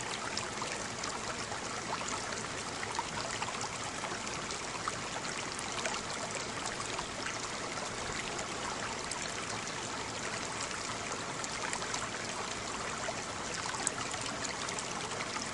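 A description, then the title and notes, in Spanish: Water runs and trickles steadily throughout, a dense, bright babble with small splashy ticks scattered evenly and no clear pauses. Sonido de agua.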